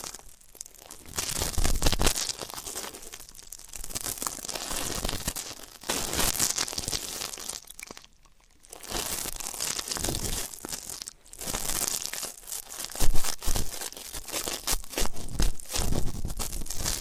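Ear canal cleaning ASMR: dense crinkling, crunching and tearing scratches fill the clip in bursts, with brief near-silent pauses around eight and eleven seconds.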